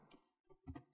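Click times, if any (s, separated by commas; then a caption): none. The plastic bottom cover of an HP Omen 15 DC laptop is lined up and pressed down at the corners so its snap clips will lock into the chassis after a battery replacement. Only soft handling noises are heard, with brief light ticks near 0.1 s and 0.8 s. Nothing has seated or clicked yet.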